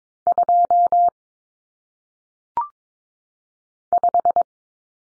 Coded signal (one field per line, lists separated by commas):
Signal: Morse code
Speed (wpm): 22 wpm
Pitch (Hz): 700 Hz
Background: none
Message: 2 5